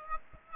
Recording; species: mosquito wingbeat signal from an infrared sensor; Aedes aegypti